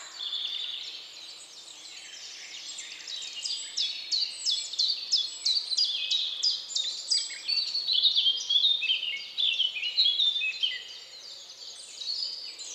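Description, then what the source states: Bird song: long, rapid series of high falling notes, turning into a more jumbled run near the end. Recorded at dawn.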